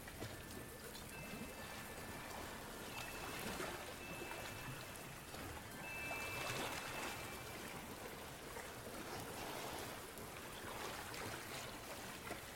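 A day at the beach brings a steady, dense wash of surf, with brief high bell-like tones ringing near the start and middle.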